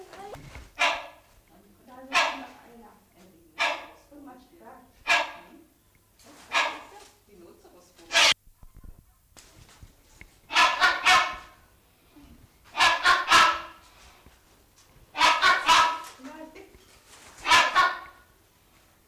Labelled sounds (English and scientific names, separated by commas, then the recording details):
Rhinoceros Hornbill (Buceros rhinoceros) call
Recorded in captivity
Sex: pair
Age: adult
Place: Zoo Berlin, Berlin, DE
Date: 1999-10-19 14:13
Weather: heiter, ca. 6°C
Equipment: Sony WM-D6C, Sennheiser ME 80, Kopie Uher 4000 Report Monitor
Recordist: Tembrock, Günter